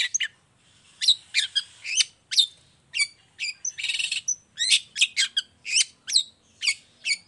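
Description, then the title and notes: Long-tailed shrike delivering a fast, varied medley of sharp chirps, rising whistles and a brief harsh rattle, notes tumbling together with little pause. Morning; vigorous 'gacor' singing with a clear voice, varied sounds and 'toet toet' notes, said to be easy for any cendet to imitate. "Cendet Gacor Dor Di Kala Pagi Toet Toet Variasi Suara. Cendet Gacor Suara Jernih Full Variasi. Burung cendet"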